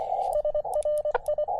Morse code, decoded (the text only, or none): SRI